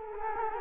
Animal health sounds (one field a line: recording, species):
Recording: mosquito wingbeat signal from an infrared sensor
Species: Culex quinquefasciatus